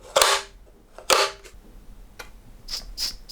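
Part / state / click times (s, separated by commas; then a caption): water bottle into magnetic bicycle bottle cage / seated / 0.2 s. A plastic water bottle is pushed into a magnetic carbon bottle cage on a bicycle frame and snaps in with a loud, sharp click at 0.2 s, seating firmly. A second similar snap follows at about 1.1 s, then softer short ticks near 2.2, 2.7 and 3.0 s.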